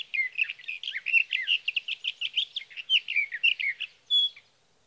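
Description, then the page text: Sage thrasher warbling a rapid continuous song of mixed notes, closing with a single pure whistle before silence. Male singing near his night roost through the night, June 12 to 15, 2018, Sierra Valley, California; recorded with a Swift recorder. "61. Sage thrasher songs, through the night. For three nights, from the evening of June 12 to the morning of June 15, 2018, in Sierra Valley, California"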